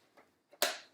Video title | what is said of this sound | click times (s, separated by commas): Unboxing the SimplyGo Mini Portable Oxygen Concentrator - DirectHomeMedical.com | it snaps into place and as soon as the snaps into place you'll see right there you'll see that it | 0.6 s